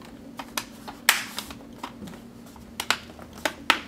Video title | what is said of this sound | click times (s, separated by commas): Laptop Screen Replacement - How to replace laptop screen for Acer Aspire 5738 | I don't if you heard them snapping in all right | 1.1 s, 3.7 s